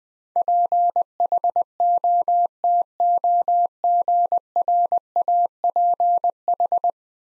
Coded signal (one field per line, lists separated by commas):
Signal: Morse code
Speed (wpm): 21 wpm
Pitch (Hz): 700 Hz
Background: none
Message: PHOTOGRAPH